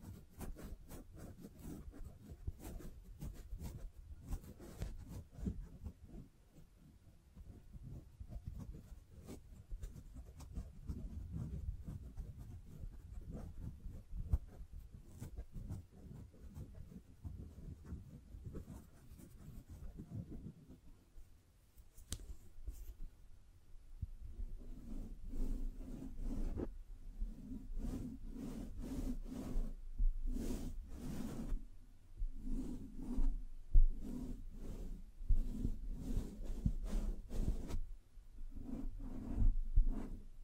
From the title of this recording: Triggers Scratching, Tracing, Tapping